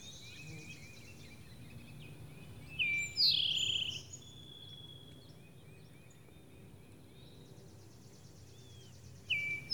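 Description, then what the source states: Towhee song of one sharp note leading into a loud buzzy trill, then a second phrase starting near the end, with a quiet low hum throughout. Singing in spring, recorded March 31, 2012.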